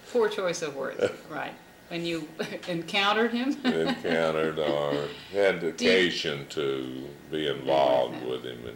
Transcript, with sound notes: Poor choice of words, right. When you encountered him [laughs]
Encountered or had--.
Do you--
Occasion to be involved with him--.